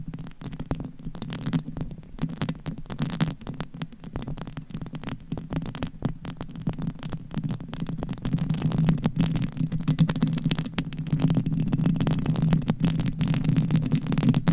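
Mic scratching with a mic cover: a dense, continuous rasp with a steady low rumbling hum underneath. Quick irregular scrapes and crackles flicker across the whole clip, and the scratching grows louder and fuller after about eight seconds.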